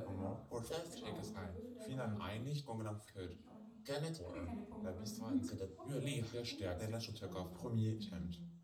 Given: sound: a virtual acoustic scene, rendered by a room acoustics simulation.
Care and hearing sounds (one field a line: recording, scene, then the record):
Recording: noise of the scene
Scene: living room, asymmetric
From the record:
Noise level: 67 dB SPL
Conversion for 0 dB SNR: 5.4 dB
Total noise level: 72.4 dB SPL